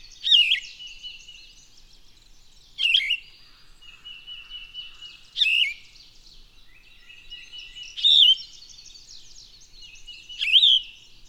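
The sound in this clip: Bird song, high whistled phrases repeated about every two and a half seconds, each with a sharp sweeping note followed by thin sustained tones.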